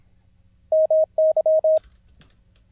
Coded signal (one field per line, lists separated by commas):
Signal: Morse code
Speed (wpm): 26 wpm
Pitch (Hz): 630 Hz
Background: none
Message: MY